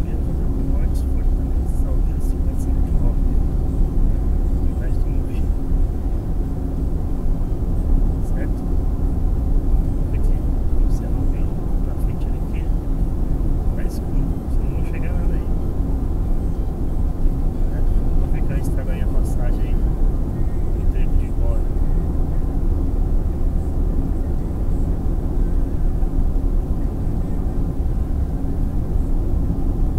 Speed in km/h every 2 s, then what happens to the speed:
73, 75, 78, 81, 83, 84, 85, 86, 86, 86, 85, 84, 83, 82, 82.
0-13 speeds up to 86. 13-30 steady at about 84.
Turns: none.